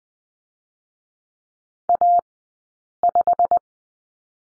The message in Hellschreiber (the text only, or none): none